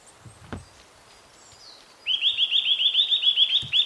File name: Sitta europaea